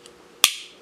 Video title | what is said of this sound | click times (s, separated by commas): Best Dog Deshedding Tool Comparison and Testing | you need to push this up again um to bring that level and then you just push it in until you hear a click | 0.4 s